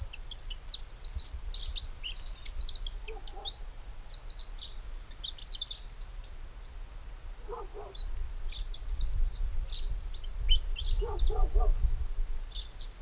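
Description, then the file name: Eurasian wren song, rapid, shrill trilling notes in long runs with a short pause, with a few brief lower notes at intervals, over low rumble. "Troglodytes troglodytes"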